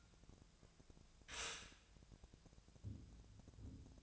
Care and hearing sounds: daily activity, microphone in the room; stop toaster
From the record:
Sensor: 2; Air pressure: 1000.0 hPa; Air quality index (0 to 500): 150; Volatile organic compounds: 2 ppm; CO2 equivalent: 1267 ppm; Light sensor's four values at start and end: 26/64/27/29 and 26/64/27/29

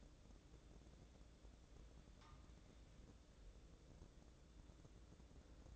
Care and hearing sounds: daily activity, microphone in the room; wipe stove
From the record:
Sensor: 3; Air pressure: 1012.3 hPa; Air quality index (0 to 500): 180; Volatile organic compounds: 3 ppm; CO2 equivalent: 1376 ppm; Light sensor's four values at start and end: 575/1429/591/606 and 577/1434/593/608

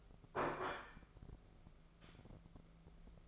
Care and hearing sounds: daily activity, microphone in the room; place plate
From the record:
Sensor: 5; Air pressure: 1015.2 hPa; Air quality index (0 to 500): 206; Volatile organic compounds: 10 ppm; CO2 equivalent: 2259 ppm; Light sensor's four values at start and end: 60/141/58/62 and 60/141/58/61

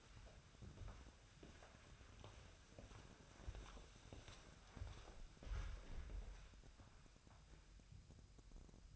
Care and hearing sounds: daily activity, microphone in the room; walk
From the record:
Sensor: 2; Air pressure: 1015.2 hPa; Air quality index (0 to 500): 118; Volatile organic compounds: 3 ppm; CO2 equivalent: 1517 ppm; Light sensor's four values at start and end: 13/35/13/15 and 12/34/13/15

